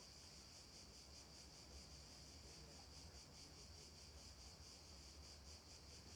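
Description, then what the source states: Night insects, cicadas, keep up an unbroken high-pitched buzz with faint rhythmic swells, set against a soft low rumble. Cicadas at night.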